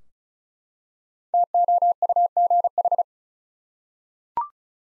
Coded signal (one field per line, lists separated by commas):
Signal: Morse code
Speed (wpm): 36 wpm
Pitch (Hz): 700 Hz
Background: none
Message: TOUGH